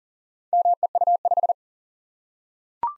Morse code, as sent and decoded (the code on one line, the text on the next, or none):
-- . ..- .....
MEU5